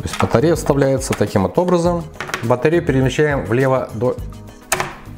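An NP-F type battery is slid to the left into the battery compartment of a camera light while someone talks. Sharp clicks at 4.7 s and 4.8 s mark the lock engaging and the battery seating.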